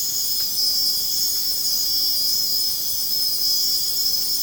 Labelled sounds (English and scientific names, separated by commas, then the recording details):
none
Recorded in pastures near Puerto Asís, Putumayo, Colombia, on 30 June 2025 at 04:00
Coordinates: 0.496, -76.326
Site GP01